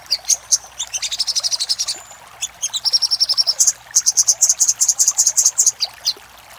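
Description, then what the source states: Little spiderhunter song: bursts of fast, high, sharp notes with brief pauses between phrases. For training cage birds.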